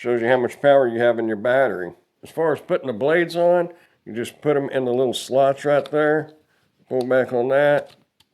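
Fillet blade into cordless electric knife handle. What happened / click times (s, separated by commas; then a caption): The blade is being handled and has not locked into the handle yet / none. Someone talks while handling a VynNetic cordless electric fillet knife, sliding the metal fillet blades into the little slots on its handle while pulling back the release. The speech comes in bursts with short pauses. Nothing has seated or clicked into place yet.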